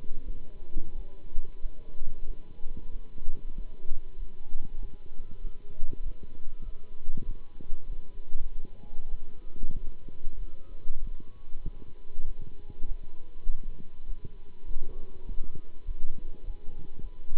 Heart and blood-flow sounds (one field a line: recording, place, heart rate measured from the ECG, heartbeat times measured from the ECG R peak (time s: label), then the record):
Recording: heart sounds by stethoscope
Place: between the tricuspid and mitral areas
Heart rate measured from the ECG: 97 bpm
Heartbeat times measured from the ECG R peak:
0.24 s: heartbeat
0.94 s: heartbeat
1.59 s: heartbeat
2.24 s: heartbeat
2.90 s: heartbeat
3.54 s: heartbeat
4.16 s: heartbeat
4.78 s: heartbeat
5.40 s: heartbeat
6.02 s: heartbeat
6.62 s: heartbeat
7.23 s: heartbeat
7.86 s: heartbeat
8.38 s: heartbeat
9.08 s: heartbeat
9.72 s: heartbeat
10.36 s: heartbeat
10.98 s: heartbeat
11.62 s: heartbeat
12.24 s: heartbeat
12.85 s: heartbeat
13.45 s: heartbeat
14.05 s: heartbeat
14.65 s: heartbeat
15.25 s: heartbeat
15.85 s: heartbeat
16.43 s: heartbeat
17.00 s: heartbeat
From the record:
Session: Bruce protocol treadmill stress test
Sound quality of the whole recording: good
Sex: male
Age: 26 years